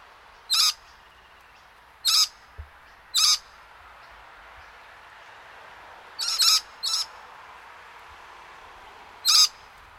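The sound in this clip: Scaly-breasted lorikeet giving short, harsh, shrill screeches, several separate bursts spaced irregularly across ten seconds, with faint low background hiss.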